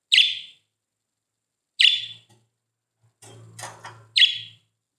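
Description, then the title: Budgerigar calls: three loud, short, harsh chirps, roughly two seconds apart, with a softer, noisier sound before the last one. "Budgie Sounds"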